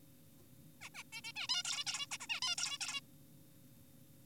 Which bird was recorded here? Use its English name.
Zebra Finch